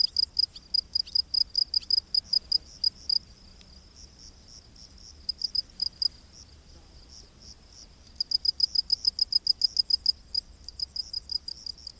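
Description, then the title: Cricket chirping in runs of high pulses that pause for a few seconds, then resume. Crickets in a rainforest at night. "Crickets of the Rainforest 🌿. Exotic Insect Orchestra"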